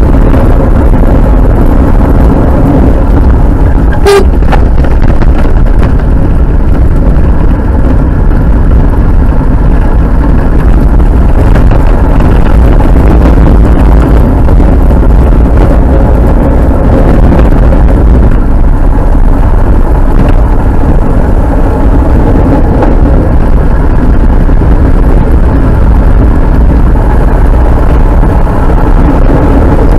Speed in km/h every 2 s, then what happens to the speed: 53, 49, 41, 41, 46, 50, 48, 46, 45, 54, 52, 47, 47, 58, 57.
0-4 slows to 41. 6-10 speeds up to 50. 10-19 steady at about 48. 19-23 slows to 47. 23-26 speeds up to 58.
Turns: none.